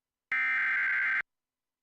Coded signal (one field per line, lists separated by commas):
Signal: Emergency Alert System (SAME) tones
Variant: header bursts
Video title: (EAS #100!) (FAIL) WSAZ-DT2 - Tornado Warning (4/25/2025)